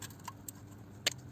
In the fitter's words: course, stick this plug in. Listen for a little click.